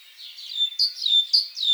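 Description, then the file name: Great tit giving a few high, slurred call notes in quick succession. "Parus major"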